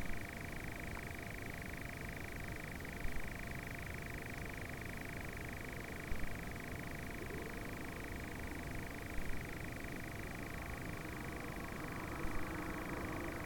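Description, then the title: Nightjar churring steadily, a dry pulsed trill at constant pitch; a faint low engine-like sound rises toward the end. More than one nightjar, recorded alongside a passing car. "Nightjars and a passing car"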